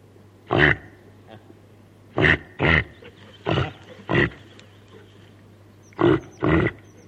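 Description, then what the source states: Reindeer giving short, hoarse grunting calls, single and paired, with pauses of about a second or more between them; a steady low hum runs underneath. Female reindeer calling to her calf.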